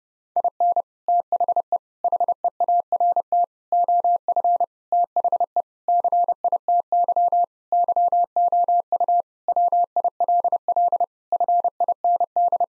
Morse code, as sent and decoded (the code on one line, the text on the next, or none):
.. -. / - .... . / .... . .- .-. - / --- ..-. / - .... . / -.-. .. - -.-- / -.-- --- ..- / .-- .. .-.. .-.. / ..-. .. -. -..
IN THE HEART OF THE CITY YOU WILL FIND